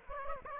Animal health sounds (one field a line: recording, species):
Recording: mosquito wingbeat signal from an infrared sensor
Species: Aedes aegypti